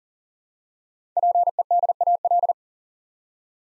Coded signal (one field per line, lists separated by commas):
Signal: Morse code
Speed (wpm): 40 wpm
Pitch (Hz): 700 Hz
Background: none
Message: PEDAL